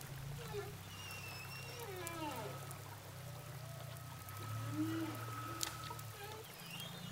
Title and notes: whales sound hydrophone, saint gilles de la reunion. au large de saint gilles de la Réunion baleine à bosse